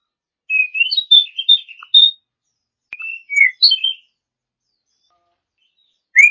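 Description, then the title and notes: Oriental magpie-robin song in short bursts: a quick tumbling whistle phrase, a brief pause, a few slurred notes, then one final whistle. A champion bird. "Kicau Burung Kacer Juara. Suara Kicauan Burung Kacer Juara"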